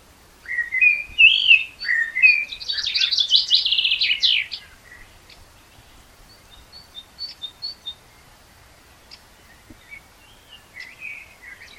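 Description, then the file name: Common blackbird song: a few rich fluted notes open the phrase, followed by a squeaky high twittering flourish, then quiet faint chirps for the remaining seconds. "Turdus merula"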